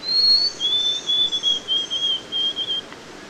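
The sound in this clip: White-throated sparrow song: a clear whistled note, then a slightly lower whistle broken into a run of repeated notes over about two seconds.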